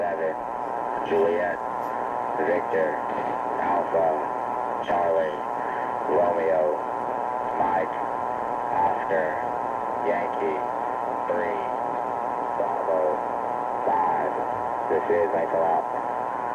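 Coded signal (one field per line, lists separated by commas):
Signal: numbers station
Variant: English phonetic alphabet voice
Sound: male voice reading phonetic letters and digits over hiss, ending 'this is Michael Alpha'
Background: radio static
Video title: Numbers Station_4725KHz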